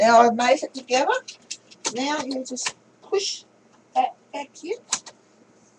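Someone talks while a plastic paper output assembly of an HP LaserJet laser printer, its lug mated with a slit in the chassis, is about to be pushed back into the chassis, with a few faint handling ticks between the words. The clip ends before the part goes home, and nothing has clicked into place yet.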